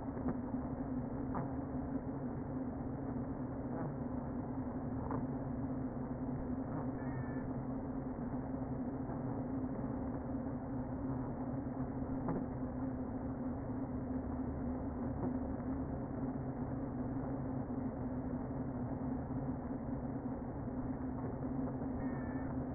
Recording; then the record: honeybee colony, microphone inside the hive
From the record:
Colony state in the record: queen present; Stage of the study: before two queens were removed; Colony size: about 60,000 bees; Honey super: yes